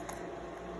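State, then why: Seated. A plastic snap lid is pressed back onto a small plastic paint pot and shuts with a short, sharp snap at 0.1 s, securing it so the paint stays wet and doesn't dry out. A steady low hum continues underneath, and the lid is seated.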